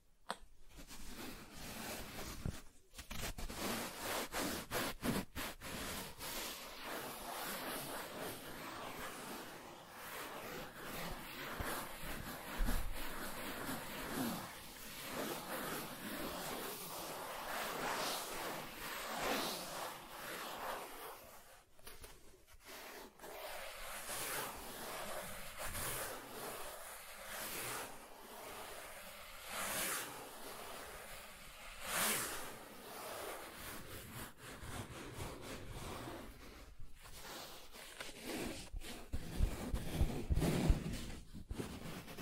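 Soft tracing across smooth and rough surfaces, a continuous hushed scraping with a grainy, airy texture. The strokes swell and thin out unevenly, with brief pauses near 3, 22 and 37 seconds and a few sharper, brighter rasps toward the end.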